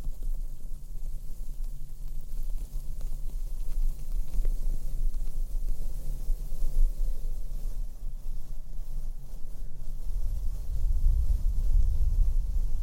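Slow mic blowing and brushing, heard as a soft, steady low rumble with a faint hiss above. The sound stays fairly even for the first ten seconds, then a deeper, louder whooshing swell builds toward the end.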